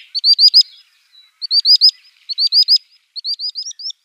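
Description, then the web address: Common sandpiper display call in four short bursts, each a quick series of four or five thin rising whistles, separated by brief pauses. Male display. "Schulze Peter Common Sandpiper male display"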